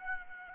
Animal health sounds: mosquito wingbeat signal from an infrared sensor; Aedes aegypti

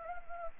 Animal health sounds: mosquito wingbeat signal from an infrared sensor; Anopheles gambiae

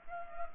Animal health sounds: mosquito wingbeat signal from an infrared sensor; Culex pipiens

